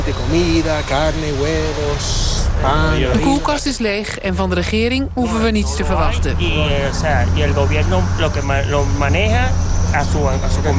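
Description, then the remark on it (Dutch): Inside a moving city bus in Caracas, a steady low engine drone and road rumble hum beneath a man speaking continuously, with faint high rattles and hiss throughout. “Een advocaat, die ook in de bus zit... verafschuwt het leven in Caracas op dit moment.”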